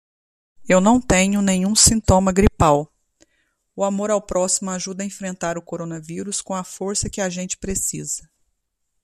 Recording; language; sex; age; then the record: spoken sentence; Brazilian Portuguese; female; 30 to 39 years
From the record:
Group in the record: control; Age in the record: 38 years